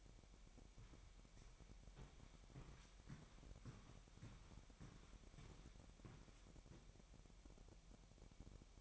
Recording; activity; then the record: daily activity, microphone in the room; walk to room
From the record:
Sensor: 1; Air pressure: 1012.3 hPa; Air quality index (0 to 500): 194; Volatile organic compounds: 4 ppm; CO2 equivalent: 1563 ppm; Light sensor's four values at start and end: 82/197/83/88 and 82/195/82/88